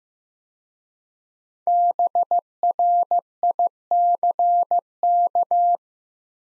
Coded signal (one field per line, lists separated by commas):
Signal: Morse code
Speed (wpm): 15 wpm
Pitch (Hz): 700 Hz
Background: none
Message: BRICK